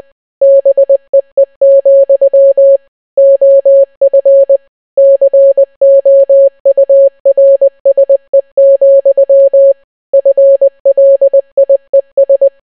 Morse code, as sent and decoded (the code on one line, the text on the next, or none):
-... . . --..-- / --- ..-. / -.-. --- ..- .-. ... . --..-- / ..-. .-.. .. . ...
BEE, OF COURSE, FLIES